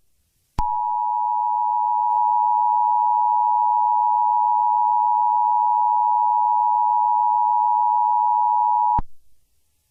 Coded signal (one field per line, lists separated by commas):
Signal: Emergency Alert System (SAME) tones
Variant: 853 and 960 Hz attention tone